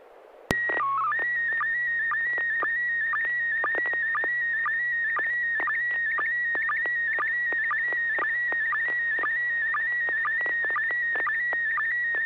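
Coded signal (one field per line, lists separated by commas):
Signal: SSTV (slow-scan television)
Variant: PD 120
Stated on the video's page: SSTV images exchanged on a weekly amateur net via an FM repeater on 441.300 MHz in Sacramento, sent with MMSSTV software.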